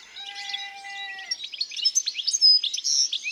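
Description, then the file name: European goldfinch song: a steady whistled tone near the start, then a fast jumble of high tinkling twitters and buzzy trills. Singing in the countryside. "Chardonneret elegant Chants doiseaux dans la campagne"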